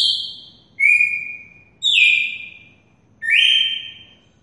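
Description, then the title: Red-cowled cardinal singing four loud, clear, mostly level whistled notes about a second apart, with bright overtones, over a quiet background. Female red-cowled cardinal from Mossoró, Brazil, singing in the song style locally called "açoite". "Canto Galo Campina Fêmea. Galo de campina MOSSORÓ só no açoite"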